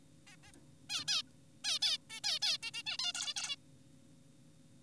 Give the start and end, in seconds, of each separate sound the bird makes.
0.27-0.36, 0.44-0.52, 0.90-1.04, 1.08-1.22, 1.64-1.79, 1.82-1.98, 2.10-2.20, 2.24-2.39, 2.42-2.58, 2.63-2.71, 2.74-2.83, 2.87-2.98, 2.99-3.12, 3.15-3.34, 3.36-3.56